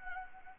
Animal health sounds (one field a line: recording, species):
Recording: mosquito wingbeat signal from an infrared sensor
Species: Anopheles gambiae